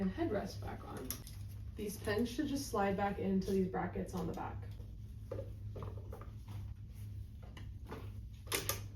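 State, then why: Seated. Someone talks while the seat back and headrest assembly of a tilt-in-space wheelchair is lowered so its pins slide down into the brackets on the back of the frame. A few small knocks follow around 5.8, 6.2 and 7.6 seconds, and then a loud click at 8.7 seconds as the seat back latches into place.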